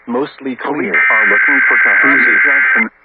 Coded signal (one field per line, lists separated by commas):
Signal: Emergency Alert System (SAME) tones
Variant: header bursts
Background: speech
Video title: Lubbock Messed Up + More | EAS Alerts from July 18th, 2023 (EAS #2911-2933)